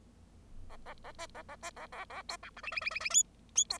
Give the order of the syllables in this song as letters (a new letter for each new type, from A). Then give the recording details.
A A A B A A B A A A C D E F F F F F G G C. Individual Bird0